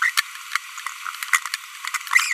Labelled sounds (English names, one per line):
Green-rumped Parrotlet babbling